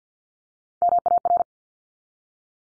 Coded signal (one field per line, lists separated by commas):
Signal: Morse code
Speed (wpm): 48 wpm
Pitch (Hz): 700 Hz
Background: none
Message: MAR